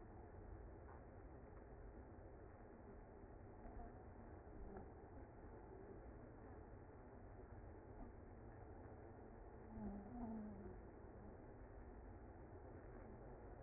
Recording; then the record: honeybee colony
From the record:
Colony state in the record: active